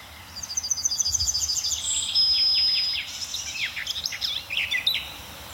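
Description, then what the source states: Garden Warbler song: a sustained, rapid babbling warble of varied notes, after a brief series of repeated high notes at the start. Sings relatively briefly.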